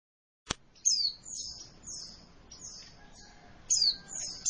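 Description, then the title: White-eye giving thin, high chirps that slide downward, a string of softer notes with a few sharper, louder ones, after a brief click near the start. Female white-eye, recording described as vigorous, active calling ('gacor'). "Pleci Gacor. Suara Pleci Betina"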